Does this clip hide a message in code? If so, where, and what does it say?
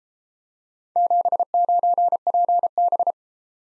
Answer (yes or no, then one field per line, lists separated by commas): yes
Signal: Morse code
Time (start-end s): 1.0-3.1 s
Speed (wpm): 33 wpm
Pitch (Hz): 700 Hz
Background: none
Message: 79PB